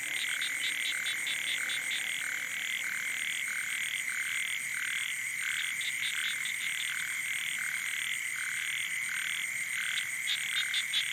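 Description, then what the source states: Frogs and toads in a night chorus, dense overlapping croaks repeating without pause over steady high whining tones. Wild night chorus on the shore of Boeng Thum lake, Cambodia, around 23:00 on 12 December 2018, as human noise fades.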